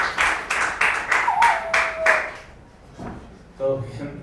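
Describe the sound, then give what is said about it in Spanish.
A short round of audience applause, a steady run of sharp, evenly spaced claps that fades after about two seconds, followed by a voice starting to talk. “un aplauso para Señales de Humor, que han venido más invitados”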